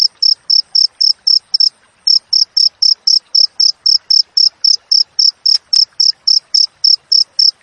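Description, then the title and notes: Cricket chirping steadily in high, crisp pulses, about four per second, briefly pausing once near the start before continuing. Clear wild cricket chirping with tight spacing, intended as tutor audio for training songbirds and for repelling rats. "Masteran Jangkrik Alam Jernih, Jeda Rapat Cocok Untuk Masteran Burung Dan Mengusir Tikus. suara jangkrik"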